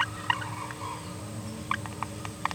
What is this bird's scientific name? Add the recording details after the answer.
Forpus passerinus. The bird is a female. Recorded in a nest box in Venezuela. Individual 17B42A2